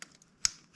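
A grey plastic locking tab on an ignition coil connector of a Kia / Hyundai 1.4 140 hp turbo petrol engine is pushed forward during spark plug replacement. After a faint tick near the start, a sharp, bright click is heard at 0.45 s, then the sound fades. The connector is seated and locked.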